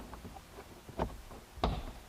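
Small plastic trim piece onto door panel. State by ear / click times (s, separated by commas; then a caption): seated / 1.6 s. On a 2004 Nissan Titan, during rear window motor work, a small plastic trim box is pushed onto the door panel on a second try. After fainter taps and a knock around 1.0 s, it clips into place with a sharp snap at 1.6 s, seating firmly.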